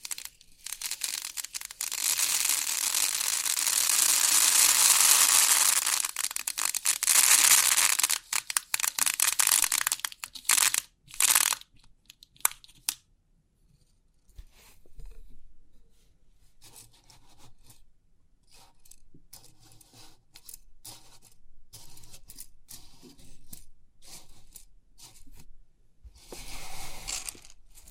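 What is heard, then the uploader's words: Crisp pin art tingles: a dense, bright hiss of pins shifting for ten seconds, then scattered clicks and short rustles, swelling again near the end. Crisp 3D Pin Art Tingles(No Talking).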